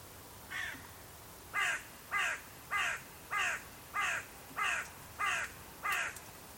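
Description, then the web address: Bird calls, harsh cawing notes repeated steadily, one roughly every two thirds of a second, nine in all, over faint background hiss. "cianscape. Deverinetal 2025. Bird Only"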